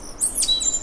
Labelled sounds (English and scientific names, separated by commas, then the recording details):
Stitchbird (Notiomystis cincta) song
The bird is a male
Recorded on Tiritiri Matangi Island, New Zealand, in 2005
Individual 1, of nest box 1